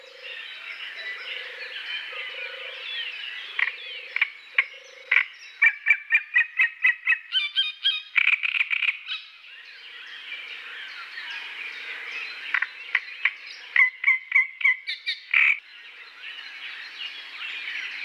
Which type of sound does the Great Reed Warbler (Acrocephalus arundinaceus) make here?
song